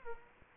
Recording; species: mosquito wingbeat signal from an infrared sensor; Culex quinquefasciatus